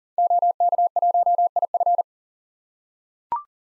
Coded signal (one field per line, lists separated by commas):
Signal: Morse code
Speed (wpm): 40 wpm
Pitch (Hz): 700 Hz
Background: none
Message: OK1IF